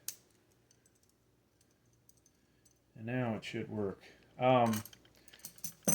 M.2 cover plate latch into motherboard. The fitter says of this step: You can hear the click.